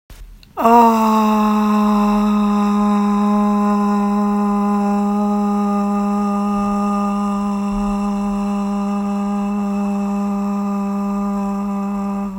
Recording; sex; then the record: sustained vowel /a/; female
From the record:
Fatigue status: no fatigue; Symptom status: asymptomatic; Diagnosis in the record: COVID-19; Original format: m4a